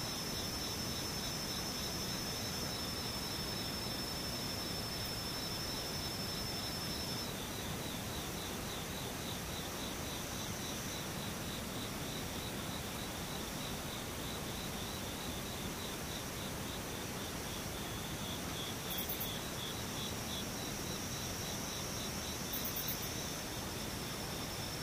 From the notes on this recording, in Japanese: ムシ